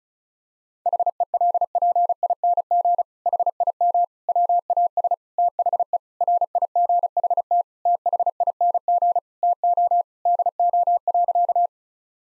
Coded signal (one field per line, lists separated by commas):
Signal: Morse code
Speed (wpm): 36 wpm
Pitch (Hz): 700 Hz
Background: none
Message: HELPING HIM WAS THE RIGHT THING TO DO.